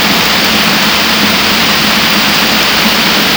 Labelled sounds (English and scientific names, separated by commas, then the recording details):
none
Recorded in secondary vegetation near Puerto Asís, Putumayo, Colombia, on 9 March 2025 at 11:30
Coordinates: 0.498, -76.327
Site G001